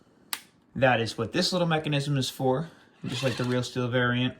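The flip-up rifle-grenade sight on an airsoft FAMAS gas blowback replica is flipped up, giving a single sharp snap at 0.3 s as it locks into place. Someone then talks.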